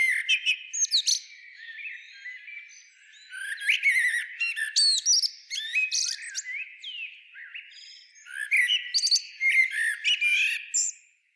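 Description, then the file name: Common blackbird with several loud bursts of mixed whistles and squeaky chirps, softer rambling warble filling the gaps. "Turdus merula"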